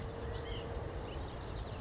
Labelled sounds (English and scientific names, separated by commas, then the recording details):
White-breasted Nuthatch (Sitta carolinensis)
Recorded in Sonoma County, California